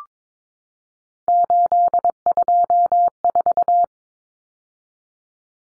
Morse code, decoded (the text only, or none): 824